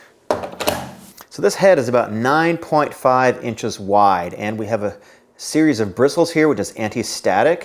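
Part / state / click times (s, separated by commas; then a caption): dust canister into handheld vacuum body / seated / 0.3 s. A plastic half-liter dust canister is pushed onto a handheld mattress vacuum body and snaps into place with a solid, satisfying click at 0.3 s, followed by a couple of smaller clacks around 0.6–0.7 s. Someone then talks for the rest of the clip. The canister is seated.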